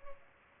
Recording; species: mosquito wingbeat signal from an infrared sensor; Culex pipiens